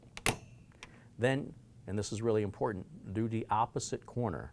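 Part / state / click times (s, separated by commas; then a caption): CPU cooler push pin into motherboard hole / seated / 0.2 s, 0.3 s. A CPU cooler push pin at one corner is pressed straight down with a thumb into a motherboard hole, giving sharp clicks at 0.2 s and 0.3 s as it seats into position. Someone then talks.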